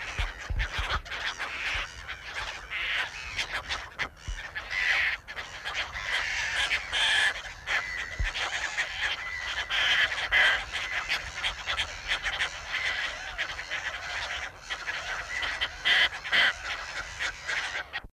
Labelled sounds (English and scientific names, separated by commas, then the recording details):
Caspian Tern (Hydroprogne caspia) call, Hartlaub's Gull (Chroicocephalus hartlaubii)
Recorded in the wild
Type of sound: call
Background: Chroicocephalus hartlaubii
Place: Swakopmund
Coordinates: -22.675, 14.526
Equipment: Halbspur, 9,5 cm/s
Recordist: Lütgens, Hans
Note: Kolonie Salzfelder, März 1975